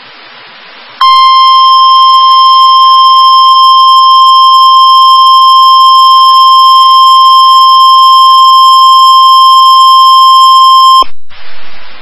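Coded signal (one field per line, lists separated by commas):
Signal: Emergency Alert System (SAME) tones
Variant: 1050 Hz attention tone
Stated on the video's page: Real NOAA Weather Radio EAS alerts for severe thunderstorm warnings.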